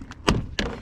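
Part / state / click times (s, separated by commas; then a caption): plastic engine bay cover clip releasing from the body mount / released / 0.6 s. On a 2007 Lexus LS 460 during radiator removal, the plastic radiator-area engine bay cover is pulled upward after its five top tabs have been removed, so the push-in clips underneath release from the body mount. Light knocks at about 0.1 s and 0.3 s are followed by a sharp pop at 0.6 s as the clips come loose, with both clips popping off at the same time.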